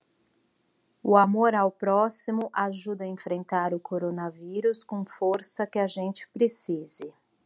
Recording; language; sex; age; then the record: spoken sentence; Brazilian Portuguese; female; 40 to 49 years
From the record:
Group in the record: control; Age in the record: 43 years